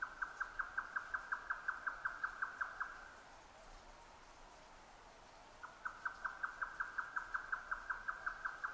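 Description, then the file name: Grey nightjar song: a fast, steady series of hollow knocking notes, broken by a pause of a few seconds before the series resumes. Recorded 12 June 2009 at 22:41. "yotaka 20090612 2241"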